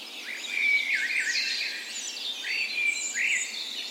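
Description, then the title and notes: Birds in a dawn chorus, several overlapping high warbling and whistled phrases sung together without a break. Park west in Bergen, Norway; morning of 17 May, Norway's National Day; spring; Sony PCM A10 recorder with LOM Usi microphones placed as tree ears. "17th Of May Dawn Chorus. Recorded on the morning of Norways National Day the 17th of May in a park west in Bergen"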